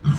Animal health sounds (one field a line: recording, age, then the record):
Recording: pig call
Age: growing-finishing pig (85 days or more)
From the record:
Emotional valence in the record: positive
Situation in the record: run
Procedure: transit